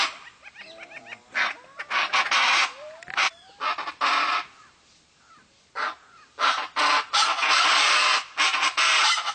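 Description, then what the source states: Chaco chachalaca raucous chorus, harsh grating calls in loud rhythmic bursts, pausing near the middle then resuming; a few thin whistles from other birds early on. Recorded in the Pantanal.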